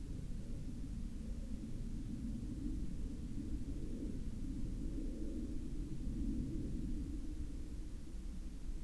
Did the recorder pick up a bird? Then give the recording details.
no. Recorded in the Arctic National Wildlife Refuge, Alaska, on 8 May 2019 at 23:07. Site 37